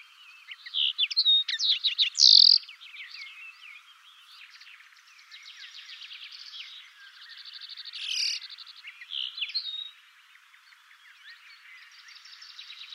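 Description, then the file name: Common linnet song, a fast, varied twittering of chirps, buzzy trills and short whistles, with louder bursts near two and eight seconds and softer rapid chatter between. "Linotte melodieuse"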